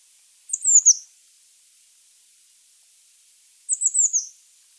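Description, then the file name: Eurasian blue tit calling a fast string of very high, downward-sliding notes, twice with a long quiet gap between. "Cyanistes caeruleus"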